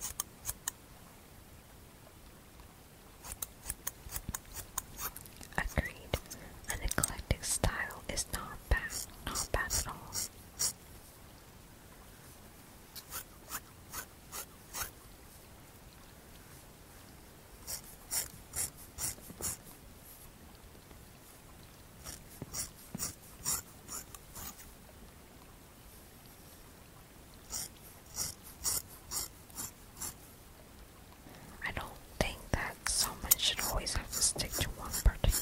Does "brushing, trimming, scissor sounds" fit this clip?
yes